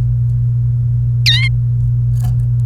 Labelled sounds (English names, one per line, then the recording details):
Domestic Canary song
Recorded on 28 April 2018 at 12:47
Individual llb3